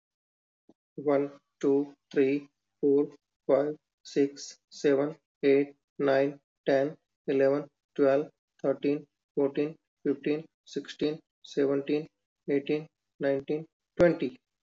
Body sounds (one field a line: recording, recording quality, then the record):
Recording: counting at a normal pace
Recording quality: excellent, no background noise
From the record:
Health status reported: healthy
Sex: male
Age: 40 years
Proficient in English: yes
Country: India